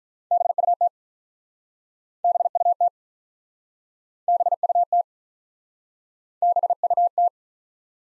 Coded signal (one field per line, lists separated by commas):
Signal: Morse code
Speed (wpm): 46 wpm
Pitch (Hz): 700 Hz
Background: none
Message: BUT BUT BUT BUT